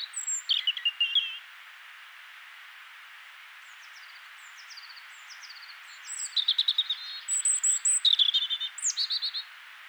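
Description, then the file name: European robin song: a short opening phrase, soft faint notes, then a longer burst of high whistles and rapid twittering trills, over light background hiss. "Erithacus rubecula"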